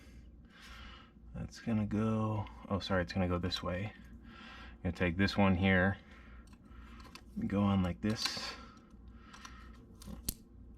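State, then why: Seated. A male plastic wiring harness connector is pushed onto the mating plug of an add-on tuner harness being installed on a 2020 L5P, while someone talks. A few faint clicks and knocks come before the connector snaps home with a sharp click at 10.3 s, seating it so it won't come off.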